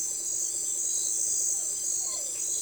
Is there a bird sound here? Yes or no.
no